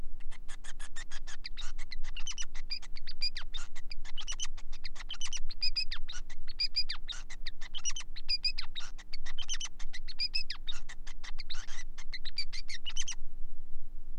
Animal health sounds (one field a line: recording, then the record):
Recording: song of a male Bengalese finch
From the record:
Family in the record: son of father 5